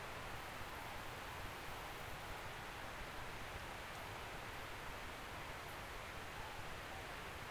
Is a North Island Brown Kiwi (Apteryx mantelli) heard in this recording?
no